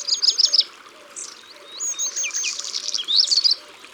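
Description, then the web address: Black redstart song: a fast bright trill, then a string of scratchy, slurred high notes ending in a crackling flourish, with a faint low pip repeating underneath. "Rougequeue-noir abc-de-la-nature"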